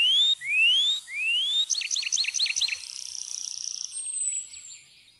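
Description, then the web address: Tree pipit song: a few loud rising whistles, then a fast series of sharp descending notes, ending in a thin high trill and a long fading whistle. "fuglelyder trepipelerke"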